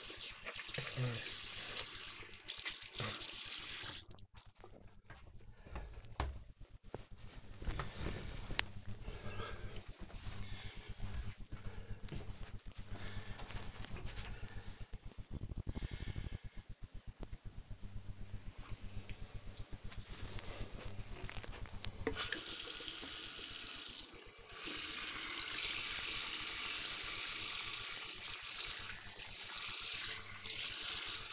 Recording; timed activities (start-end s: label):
household activities, microphone on the right wrist
0.00-3.75 s: brushing teeth
21.87-31.33 s: washing hands